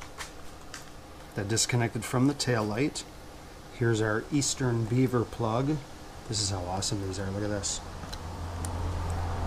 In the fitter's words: just clicks right in there right in so then this piece will go in here okay